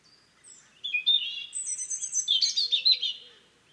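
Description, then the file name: European robin song of sweet, jumbled high notes: a wavering warble, rapid repeated very high twitters, and a bright rippling finish. "Erithacus rubecula"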